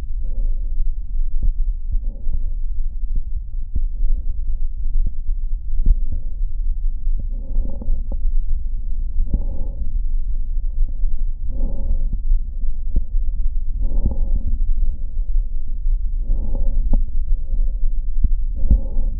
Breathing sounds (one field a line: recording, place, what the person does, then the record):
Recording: lung sounds by stethoscope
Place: left anterior apical chest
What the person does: quiet breathing, then deep breathing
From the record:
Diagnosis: COPD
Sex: male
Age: 72 years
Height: 172 cm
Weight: 58.6 kg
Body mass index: 19.8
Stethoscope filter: diaphragm mode